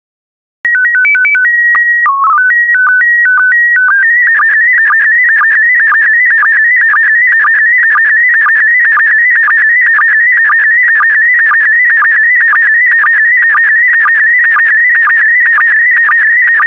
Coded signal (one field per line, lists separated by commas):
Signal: SSTV (slow-scan television)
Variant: PD 120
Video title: 86012 Oregon SSTV PD120